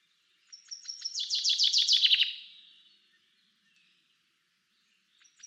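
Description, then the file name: Common chaffinch giving one full song of rapidly repeated descending notes that end in a flourish, then near silence before another song begins at the end. "Fringilla coelebs"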